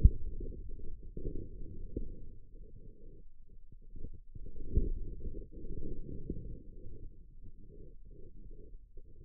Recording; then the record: forearm muscle sounds (acoustic myography)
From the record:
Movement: inward rotation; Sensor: system 2, bracelet of six BSWA MPA416 microphones around the upper forearm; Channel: 4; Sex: male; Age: 22 years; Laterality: right